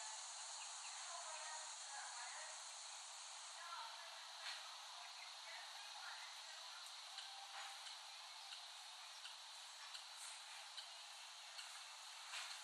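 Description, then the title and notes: Cicadas humming in a high continuous buzz, with scattered soft clicks and taps coming irregularly. Several cicadas recorded in West Brighton, Staten Island, late summer 2008. "Recording of cicadas made in West Brighton, Staten Island, late summer 2008."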